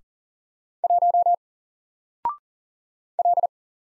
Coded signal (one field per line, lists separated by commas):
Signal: Morse code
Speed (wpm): 38 wpm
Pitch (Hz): 700 Hz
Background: none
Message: 1 L